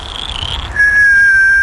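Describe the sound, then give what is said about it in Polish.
A person whistles in imitation of a whistling frog's call: a brief, higher wavering tone gives way to one long, steady, piercing whistle held loudly for about a second, with no talking. “O, no właśnie, idealnie. Jak świstek, żaba świstek.”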